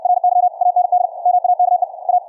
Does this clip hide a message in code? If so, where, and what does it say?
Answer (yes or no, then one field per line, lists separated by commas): yes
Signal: Morse code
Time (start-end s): 0.0-2.2 s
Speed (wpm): 64 wpm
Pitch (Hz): 720 Hz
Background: none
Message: RY AND MAKE A